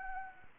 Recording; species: mosquito wingbeat signal from an infrared sensor; Anopheles gambiae